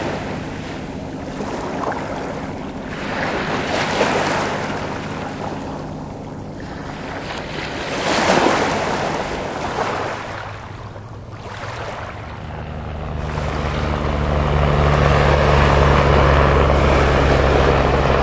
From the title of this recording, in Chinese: 海浪、鸟鸣、路人